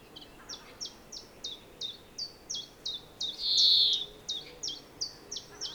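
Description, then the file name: European greenfinch calls: a steady series of short, high chirps with a single harsh, buzzy wheeze in the middle. "Chloris chloris"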